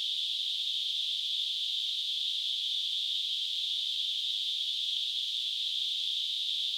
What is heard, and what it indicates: Tinnitus.